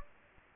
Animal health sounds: mosquito wingbeat signal from an infrared sensor; Anopheles gambiae

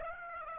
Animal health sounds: mosquito wingbeat signal from an infrared sensor; Aedes aegypti

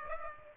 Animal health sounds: mosquito wingbeat signal from an infrared sensor; Aedes aegypti

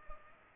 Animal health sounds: mosquito wingbeat signal from an infrared sensor; Culex pipiens

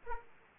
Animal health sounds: mosquito wingbeat signal from an infrared sensor; Aedes aegypti

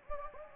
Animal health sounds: mosquito wingbeat signal from an infrared sensor; Anopheles gambiae

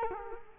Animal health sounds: mosquito wingbeat signal from an infrared sensor; Culex quinquefasciatus

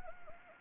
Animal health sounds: mosquito wingbeat signal from an infrared sensor; Anopheles gambiae

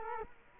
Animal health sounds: mosquito wingbeat signal from an infrared sensor; Culex quinquefasciatus

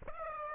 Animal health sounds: mosquito wingbeat signal from an infrared sensor; Aedes aegypti

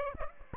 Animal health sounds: mosquito wingbeat signal from an infrared sensor; Aedes aegypti

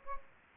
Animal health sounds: mosquito wingbeat signal from an infrared sensor; Aedes aegypti

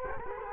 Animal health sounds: mosquito wingbeat signal from an infrared sensor; Culex quinquefasciatus

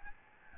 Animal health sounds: mosquito wingbeat signal from an infrared sensor; Aedes albopictus

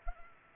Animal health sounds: mosquito wingbeat signal from an infrared sensor; Culex pipiens

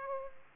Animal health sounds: mosquito wingbeat signal from an infrared sensor; Aedes aegypti

